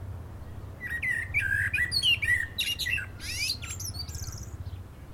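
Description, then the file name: Common blackbird singing: a run of fluty warbled notes flowing into rapid squeaky twittering, over a steady low hum. "Turdus merula"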